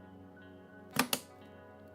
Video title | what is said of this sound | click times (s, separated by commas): $1800 Step-By-Step Antec C7 ARGB Gaming PC Build Guide (7800x3D / 4070 Super) | 97. So, good solid click. | 1.0 s, 1.1 s